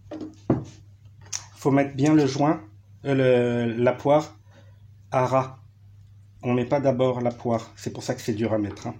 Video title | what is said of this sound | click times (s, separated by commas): Revision tondeuse Toro recycler moteur briggs | pousse sur les pattes on entend un clic | 0.5 s